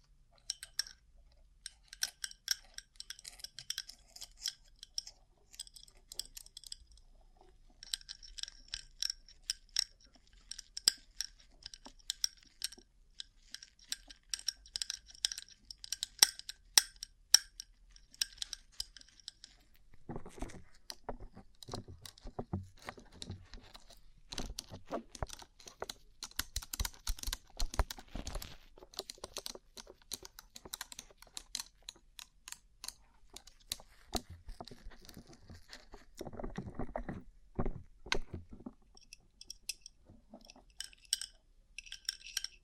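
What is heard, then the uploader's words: Rhinestone-covered surface tapped with quick, bright clicking, first light and high, then from about 20 seconds fuller, denser taps with more body. ASMR Rhinestone Covered Tapping 3Dio (No Talking).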